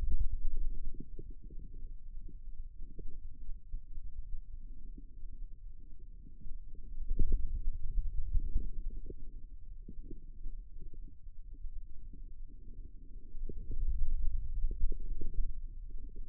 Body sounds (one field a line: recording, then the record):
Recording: forearm muscle sounds (acoustic myography)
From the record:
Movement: ulnar deviation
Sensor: system 2, bracelet of six BSWA MPA416 microphones around the upper forearm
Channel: 4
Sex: male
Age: 22 years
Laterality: right